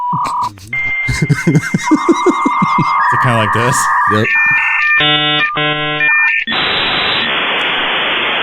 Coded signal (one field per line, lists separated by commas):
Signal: dial-up modem handshake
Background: speech